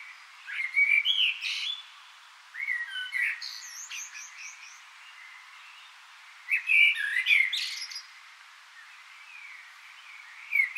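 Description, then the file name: Common blackbird song: several phrases of flute-like whistling with squeaky high twittering, separated by short pauses. "Turdus merula"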